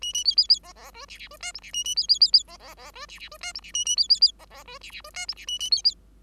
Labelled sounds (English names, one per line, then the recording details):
Bengalese Finch song
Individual Bird5